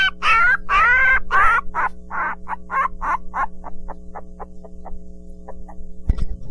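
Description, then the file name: Dog: puppy crying: a few long wavering whines at the start, then a run of shorter yelps that grow fainter, over a steady low hum, with a thump near the end. "Puppy Cry 02"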